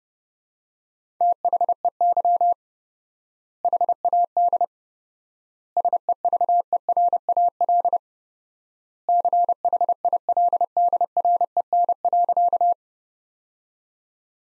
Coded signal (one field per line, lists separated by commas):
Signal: Morse code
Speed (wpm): 30 wpm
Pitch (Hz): 700 Hz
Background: none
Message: THEY HAD SEVERAL CHILDREN.